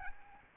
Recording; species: mosquito wingbeat signal from an infrared sensor; Aedes albopictus